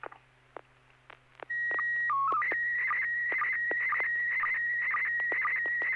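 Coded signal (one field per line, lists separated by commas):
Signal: SSTV (slow-scan television)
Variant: PD120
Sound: clicks, then a short two-pitch header beep, then a steady warbling tone with regular low blips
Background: low hum, radio clicks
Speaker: all right this should be uh PD 120 here we go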